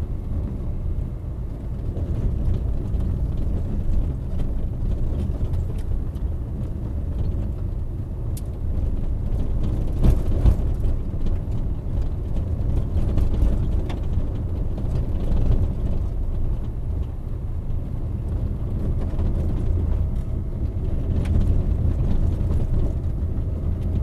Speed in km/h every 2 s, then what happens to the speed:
27, 27, 24, 24, 24, 23, 21, 21, 22, 26, 29, 29.
0-15 steady at about 24. 15-19 speeds up to 29.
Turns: none.